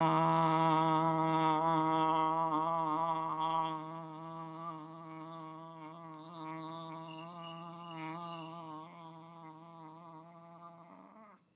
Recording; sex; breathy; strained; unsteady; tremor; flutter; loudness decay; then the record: sustained vowel /a/; female; absent; present; present; present; present; present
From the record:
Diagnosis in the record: healthy control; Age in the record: 68 years